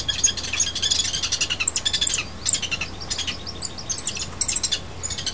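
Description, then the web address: Lewis's woodpecker giving rapid, harsh chattering notes in quick runs, with squeaky high calls mixed in and a low steady hum underneath. Mating calls of Lewis's woodpeckers, recorded in eastern Washington. "eastern-washington animals birds snd lewis-woodpeckers-mating"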